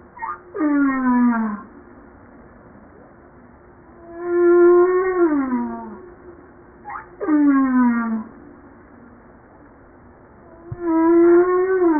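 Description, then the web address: Humpback whale song, harmonic moans that sweep downward, repeated roughly every three to four seconds, some preceded by a brief upsweep, with a faint steady tone beneath. Recorded 5 March 1994 at 09:52. "pub JASA 2013 Blue Bowhead Fin Humpback Southern Right Whale humpback-01 940305-0952"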